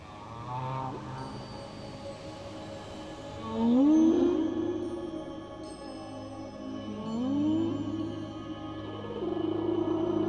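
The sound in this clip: Whale vocalization: two rising, swooping moans a few seconds apart, each sliding upward, over a steady sustained musical drone.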